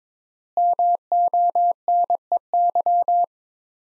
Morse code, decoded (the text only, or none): MONEY